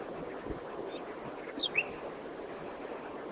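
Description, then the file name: Common nightingale song: a few whistled slurs followed by a fast, even trill of very high repeated notes lasting about a second, over a soft hiss. "Luscinia megarhynchos"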